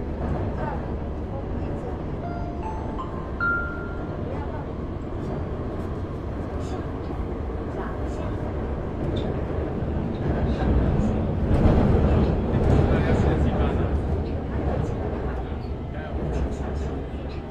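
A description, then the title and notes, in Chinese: Inside the Shenzhen metro, a steady low rumble of the train and air conditioning fills the whole clip, with murmured voices throughout. A few brief tones rise around three seconds, and the noise swells louder from about eleven to fourteen seconds. Cooling in Metro, Shenzhen。深圳地铁冷气开得很足。那天下午三四点的样子，我从地铁 1 号线鲤鱼门站上车。地铁里没什么人，很干净，很凉快，然后录下了这段音频。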